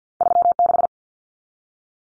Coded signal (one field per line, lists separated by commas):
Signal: Morse code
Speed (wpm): 50 wpm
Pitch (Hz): 700 Hz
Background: none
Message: 36